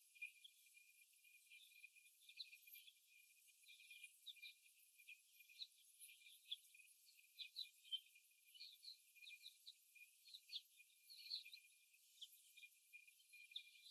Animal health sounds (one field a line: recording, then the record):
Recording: young laying hens in a cage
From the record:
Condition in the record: after the stressor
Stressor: simulated dog barking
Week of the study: 1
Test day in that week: 1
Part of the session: 4